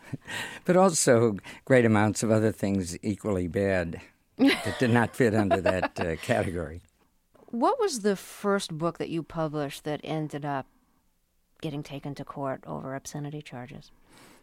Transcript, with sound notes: But also, great amounts of other things equally bad that did not fit under that category.
(Soundbite of laughter)
What was the first book that you published that ended up getting taken to court over obscenity charges?